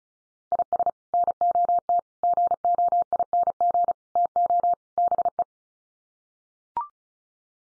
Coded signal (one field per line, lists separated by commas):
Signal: Morse code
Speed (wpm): 34 wpm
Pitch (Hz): 700 Hz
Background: none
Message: IS NOT GOING TO BE